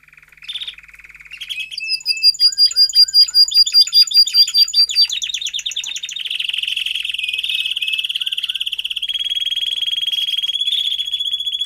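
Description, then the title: Domestic canary song: a steady note, then rapid repeated notes, ending in a long buzzy sustained trill. Male canary singing a lot, in a 30-minute canary training recording meant to warm up young birds and Belgian canaries. "Canary Training Esquente Seu Filhote E Canario Belga Em 30 Minutos Macho Cantando Muito"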